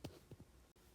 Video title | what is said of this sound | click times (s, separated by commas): 2003 Porsche 911 (996) Double DIN Installation - DIY Step by Step | push in and they'll click into place and then you can pull out the radio okay | 0.0 s